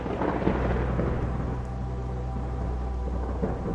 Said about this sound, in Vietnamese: Ở bên ngoài trời bắt đầu có sấm chớp, kèm theo những hạt mưa bắt đầu rơi xuống bắn tung tóe lên cửa sổ.